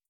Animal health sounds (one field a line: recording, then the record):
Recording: hydrophone in a shrimp aquaculture tank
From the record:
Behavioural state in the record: starved